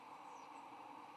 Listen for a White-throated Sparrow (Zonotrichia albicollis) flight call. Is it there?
no